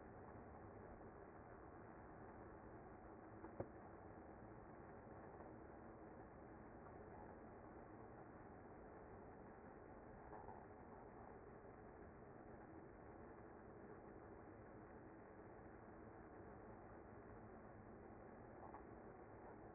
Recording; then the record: honeybee colony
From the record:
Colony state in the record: active